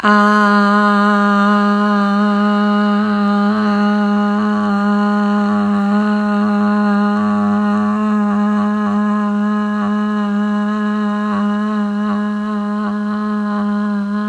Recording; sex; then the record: sustained vowel /a/; female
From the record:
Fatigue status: fatigue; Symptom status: symptomatic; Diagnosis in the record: COVID-19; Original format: m4a